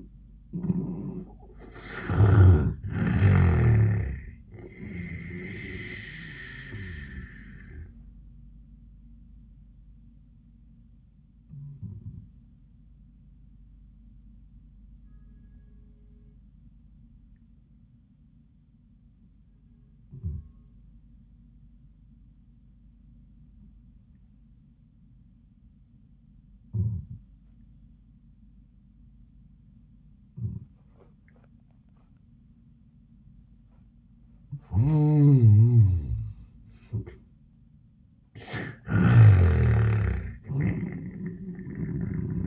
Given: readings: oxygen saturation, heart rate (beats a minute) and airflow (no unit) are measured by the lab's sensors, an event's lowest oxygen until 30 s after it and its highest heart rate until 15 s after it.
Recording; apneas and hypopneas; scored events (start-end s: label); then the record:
breathing in sleep by a smartphone at the bedside; 1
8.00-36.90 s: hypopnea (N1, oxygen 96% highest, then 78% lowest, heart rate 88 at the start, 93 highest)
15.00-42.47 s: new sleep stage, N2 (light sleep)
From the record:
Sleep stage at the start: N1 (lightest sleep); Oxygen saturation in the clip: 82 to 96%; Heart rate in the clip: 71 to 93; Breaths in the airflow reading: 5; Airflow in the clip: -19.9 to 26.5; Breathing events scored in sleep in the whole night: 400 in 8.7 hours asleep